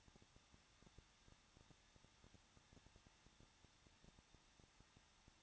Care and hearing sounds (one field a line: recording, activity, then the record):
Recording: daily activity, microphone in the room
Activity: no activity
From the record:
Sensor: 3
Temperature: 21.2 degrees Celsius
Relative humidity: 36.3%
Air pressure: 1006.4 hPa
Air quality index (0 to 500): 221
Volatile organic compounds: 40 ppm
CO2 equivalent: 3147 ppm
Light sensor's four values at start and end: 2/3/2/2 and 2/3/2/2